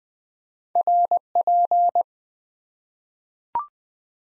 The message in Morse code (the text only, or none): RP